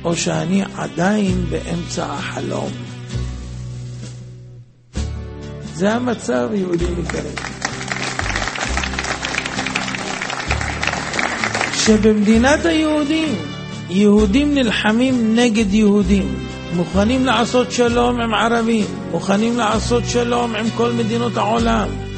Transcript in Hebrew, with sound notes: או שאני עדיין באמצע החלום זה המצב יהודי [מחיאות כפיים] מקר שבמדינת היהודים יהודים נלחמים נגד יהודים מוכנים לעשות שלום עם ערבים מוכנים לעשות שלום עם כל מדינות העולם